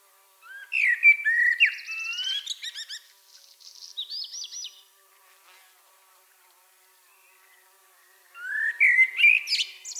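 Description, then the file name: Common blackbird song: a low warbled phrase climbing into squeaky, twittering high notes, then a pause of several seconds before another fluty phrase begins. "Turdus merula"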